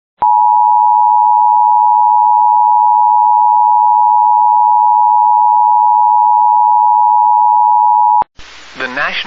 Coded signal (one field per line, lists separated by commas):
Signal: Emergency Alert System (SAME) tones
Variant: 853 and 960 Hz attention tone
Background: speech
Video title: FFW (EAS 28)